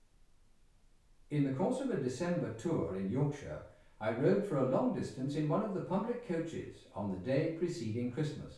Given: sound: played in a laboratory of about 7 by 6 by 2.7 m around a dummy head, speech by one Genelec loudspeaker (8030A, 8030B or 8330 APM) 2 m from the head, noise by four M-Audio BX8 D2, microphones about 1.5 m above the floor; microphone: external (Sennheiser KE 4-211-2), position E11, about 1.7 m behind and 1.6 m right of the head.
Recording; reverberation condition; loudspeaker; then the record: male speech in English; medium; 120 degrees to the left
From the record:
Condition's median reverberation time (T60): about 510 ms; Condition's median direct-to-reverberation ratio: about -0.5 dB